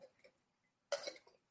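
An adult woman gives a single short cough, the first of her day; she is due to take prednisone.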